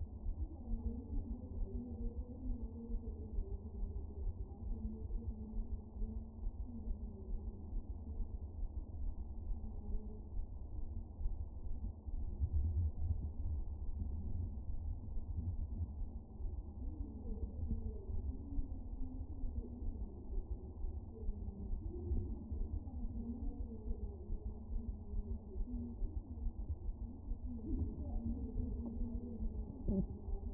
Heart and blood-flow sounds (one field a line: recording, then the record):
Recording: fetal heart sounds by stethoscope on the mother's abdomen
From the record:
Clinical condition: moderate anaemia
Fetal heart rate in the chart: 135 bpm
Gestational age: 39 weeks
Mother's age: 23 years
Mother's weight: 54 kg